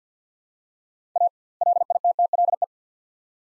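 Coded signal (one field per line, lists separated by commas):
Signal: Morse code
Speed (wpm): 50 wpm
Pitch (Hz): 700 Hz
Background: none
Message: A LITTLE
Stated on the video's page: Two-word Morse phrases at 50wpm with 2x word spacing, a Farnsworth-like practice drill for head-copy; each set is sent, then spoken.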